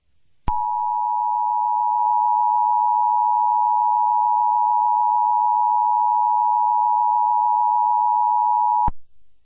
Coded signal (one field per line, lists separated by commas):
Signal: Emergency Alert System (SAME) tones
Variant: 853 and 960 Hz attention tone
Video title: EAS Scenarios #74-77: The Protagonist (Full EAS Story)